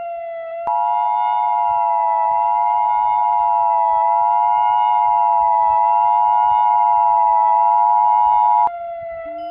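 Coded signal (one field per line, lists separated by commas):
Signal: Emergency Alert System (SAME) tones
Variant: 853 and 960 Hz attention tone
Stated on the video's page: Simulated EAS alert scenario using valid SAME tones.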